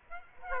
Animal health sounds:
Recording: mosquito wingbeat signal from an infrared sensor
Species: Aedes aegypti

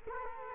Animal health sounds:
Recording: mosquito wingbeat signal from an infrared sensor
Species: Culex quinquefasciatus

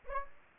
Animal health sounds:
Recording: mosquito wingbeat signal from an infrared sensor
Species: Aedes aegypti

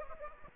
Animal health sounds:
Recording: mosquito wingbeat signal from an infrared sensor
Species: Aedes aegypti

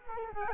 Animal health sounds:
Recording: mosquito wingbeat signal from an infrared sensor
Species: Culex quinquefasciatus

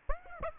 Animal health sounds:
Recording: mosquito wingbeat signal from an infrared sensor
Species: Aedes aegypti

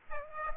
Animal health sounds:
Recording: mosquito wingbeat signal from an infrared sensor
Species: Aedes aegypti

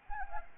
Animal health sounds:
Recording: mosquito wingbeat signal from an infrared sensor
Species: Anopheles arabiensis

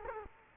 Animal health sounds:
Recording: mosquito wingbeat signal from an infrared sensor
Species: Culex quinquefasciatus

